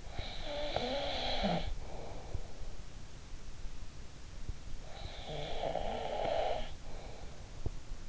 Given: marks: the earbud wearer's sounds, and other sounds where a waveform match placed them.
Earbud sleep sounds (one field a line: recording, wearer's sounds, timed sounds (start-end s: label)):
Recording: sounds in sleep by an in-ear microphone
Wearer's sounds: snoring breath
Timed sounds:
0.00-2.56 s: snoring breath
4.74-7.44 s: snoring breath